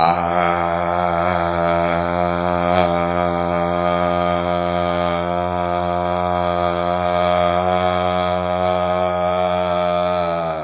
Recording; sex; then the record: sustained vowel /a/; male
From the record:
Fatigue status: no fatigue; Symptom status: symptomatic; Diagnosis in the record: COVID-19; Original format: 3gp